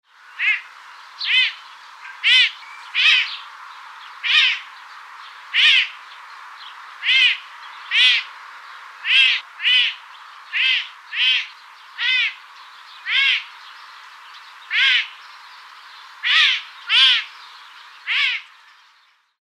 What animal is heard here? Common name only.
Serval